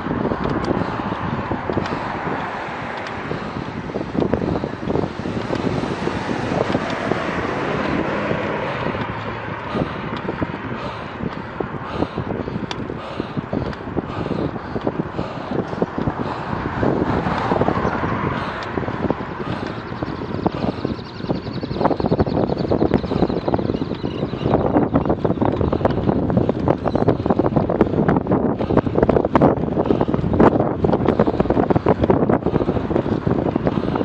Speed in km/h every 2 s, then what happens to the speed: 17, 16, 17, 17, 17, 17, 17, 17, 17, 18, 19, 19, 20, 20, 21, 22, 22.
0-34 steady at about 17.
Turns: none.